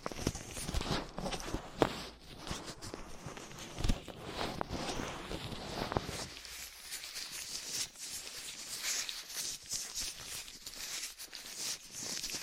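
Close scratching and rubbing of ear cleaning with latex gloves, a dental pick and cotton swabs. The first six seconds are dense with crisp clicks and scrapes, with sharp snaps near two and four seconds. Afterward the sound thins to a brighter, softer rustling and scratching.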